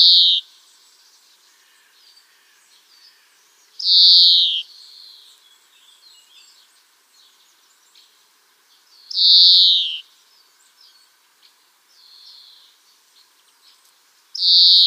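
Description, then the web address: European greenfinch repeating harsh, buzzy wheezing notes about every five seconds, with quieter twitters and chirps filling the gaps. "Schulze Peter European Greenfinch song"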